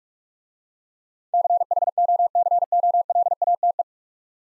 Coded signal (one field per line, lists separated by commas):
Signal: Morse code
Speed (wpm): 44 wpm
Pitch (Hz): 700 Hz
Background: none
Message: CHOCOLATE